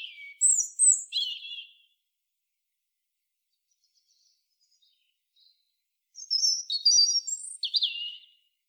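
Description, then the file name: European robin song: a phrase of high, swooping whistled notes, about four seconds of silence, then another rich, fast phrase of sliding high notes. "Erithacus rubecula"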